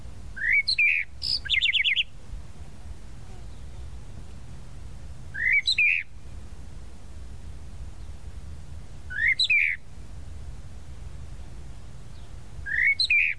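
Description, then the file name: Tropical mockingbird song: short bursts of rising whistles and sharp chirps, repeated roughly every four seconds with quiet gaps and low background rumble. "Canto-do-Sabiá-da-Praia"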